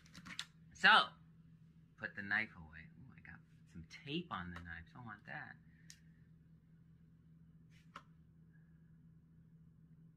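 Someone talks while handling a utility knife, putting it away by retracting its blade toward the handle lock, with a few faint clicks and taps between the words. The blade lock has not clicked or seated yet by the end of the clip.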